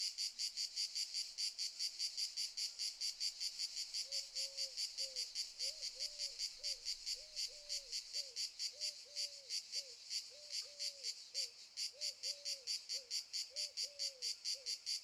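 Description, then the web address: Cicadas stridulating in a loud, high, hissing buzz that pulses about two to three times a second, with a faint low tonal call in the background. Cicadas stridulating very loudly in summer fields in the morning. "Sculp Tunes - Summer in the field - Crickets and Cicadas - Summer in the fields - DAY Morning - the cicadas stridulate very loudly"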